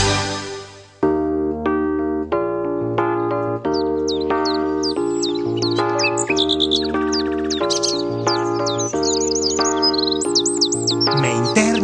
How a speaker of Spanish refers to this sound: Con vuestro permiso voy a poner un jingle ahí.